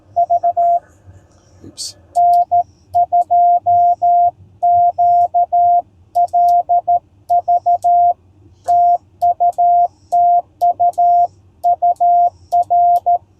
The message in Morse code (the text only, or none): V N2QLV TUTU UR